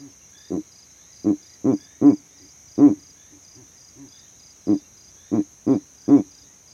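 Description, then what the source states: Verreaux's eagle owl calling in low, gruff grunts in two short series, with a quieter note in the gap, over a constant shrill insect buzz. Male advertising his territory from a tree in savanna, recorded overnight with a sound recording rig set up in that same tree.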